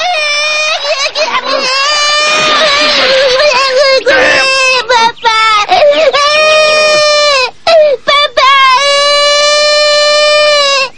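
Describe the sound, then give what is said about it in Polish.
A child cries and screams continuously, a high wavering wail with sobbing breaks and brief gasps, loud throughout with strong harmonic pitch contours that rise and fall. “Przestań się mazać, bo skręcę ci kark, rozumiesz?”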